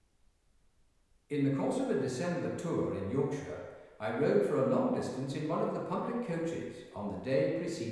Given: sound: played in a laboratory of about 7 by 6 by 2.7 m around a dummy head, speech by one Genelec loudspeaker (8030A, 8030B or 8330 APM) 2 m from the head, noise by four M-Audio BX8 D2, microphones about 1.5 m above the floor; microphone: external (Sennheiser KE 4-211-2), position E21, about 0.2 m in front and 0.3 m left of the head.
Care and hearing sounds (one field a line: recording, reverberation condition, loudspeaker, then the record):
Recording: male speech in English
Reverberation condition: high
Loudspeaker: 60 degrees to the right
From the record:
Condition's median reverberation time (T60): about 1300 ms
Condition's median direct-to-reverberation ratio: about -4.0 dB